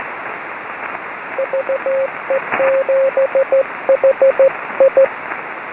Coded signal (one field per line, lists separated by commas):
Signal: Morse code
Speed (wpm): 14 wpm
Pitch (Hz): 540 Hz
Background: radio noise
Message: VE7HI